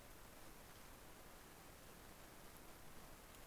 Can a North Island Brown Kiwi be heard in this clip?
no